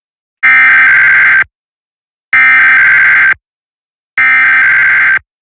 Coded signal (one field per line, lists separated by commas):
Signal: Emergency Alert System (SAME) tones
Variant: header bursts